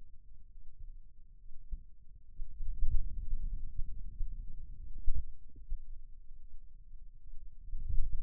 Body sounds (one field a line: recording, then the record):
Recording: forearm muscle sounds (acoustic myography)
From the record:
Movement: finger pinch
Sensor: system 2, bracelet of six BSWA MPA416 microphones around the upper forearm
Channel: 2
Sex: male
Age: 22 years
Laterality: right